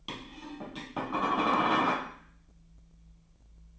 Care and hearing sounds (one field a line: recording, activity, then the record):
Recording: daily activity, microphone in the room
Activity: place plate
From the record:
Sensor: 1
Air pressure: 1009.4 hPa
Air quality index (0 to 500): 195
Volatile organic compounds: 19 ppm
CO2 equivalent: 2661 ppm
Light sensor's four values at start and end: 29/73/30/36 and 28/73/30/36